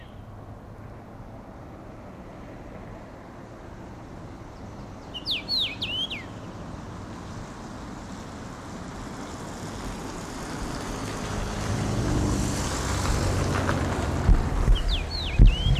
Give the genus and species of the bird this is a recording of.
Carpodacus erythrinus